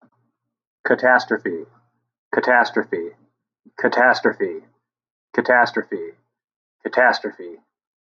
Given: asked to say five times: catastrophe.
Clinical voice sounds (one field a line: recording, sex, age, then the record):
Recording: repeated word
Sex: male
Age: 40 to 49 years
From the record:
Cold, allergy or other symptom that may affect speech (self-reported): no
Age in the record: 44 years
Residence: Ohio, United States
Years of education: 18